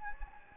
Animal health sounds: mosquito wingbeat signal from an infrared sensor; Anopheles gambiae

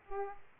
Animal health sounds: mosquito wingbeat signal from an infrared sensor; Aedes aegypti

